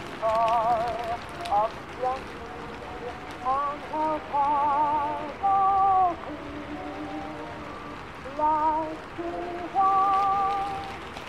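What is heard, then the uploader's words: An oldies song plays with a singing voice holding wavering notes in short phrases, swelling and dropping every second or two. Underneath runs a steady, dense hiss of rain, and the music stays muffled and soft against it throughout. Oldies playing in another room and it's raining ( it's a great night).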